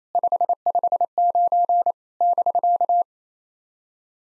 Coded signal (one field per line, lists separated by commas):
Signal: Morse code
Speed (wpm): 27 wpm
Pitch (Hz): 700 Hz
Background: none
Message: 559 <BK>